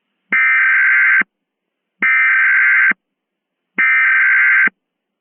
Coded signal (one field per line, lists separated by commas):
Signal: Emergency Alert System (SAME) tones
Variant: header bursts